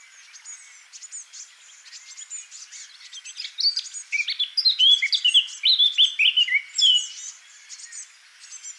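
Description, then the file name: Eurasian blackcap song beginning with soft, scratchy high twittering that builds into a loud, clear run of fluting whistled notes. "Sylvia atricapilla"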